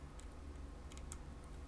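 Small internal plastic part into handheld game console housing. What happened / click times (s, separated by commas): The part is being handled and has not seated yet / none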